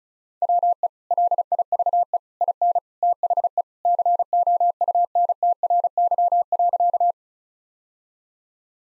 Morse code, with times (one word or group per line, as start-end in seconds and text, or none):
0.4-0.9 WE
1.1-2.2 LIVE
2.4-2.8 IN
3.0-3.6 THE
3.9-7.1 COUNTRY.